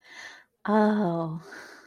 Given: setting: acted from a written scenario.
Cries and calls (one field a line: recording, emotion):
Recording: vocal sound without words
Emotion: romantic love